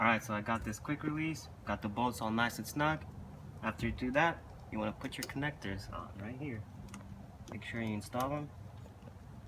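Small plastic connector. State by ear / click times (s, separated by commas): not seated / none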